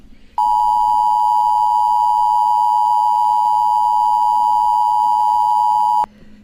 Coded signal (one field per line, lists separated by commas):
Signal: Emergency Alert System (SAME) tones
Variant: 853 and 960 Hz attention tone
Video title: EAS Scenario Reactions By Suoerstar Studios Animations